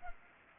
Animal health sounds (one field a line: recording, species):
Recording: mosquito wingbeat signal from an infrared sensor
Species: Culex pipiens